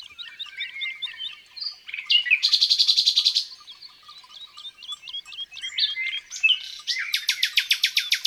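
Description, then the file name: Common nightingale song with fast repeated chirps, a long rapid rattle, varied whistles, then a final fast series of repeated notes. Recorded in the countryside. "Rossignol philomele Chants doiseaux dans la campagne"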